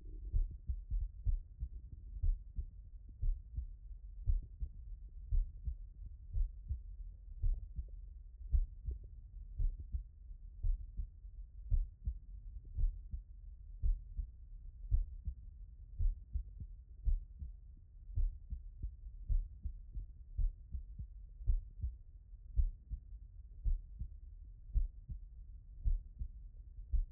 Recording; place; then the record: heart sounds by stethoscope; tricuspid valve (TV)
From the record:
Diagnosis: HFrEF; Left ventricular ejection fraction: 33%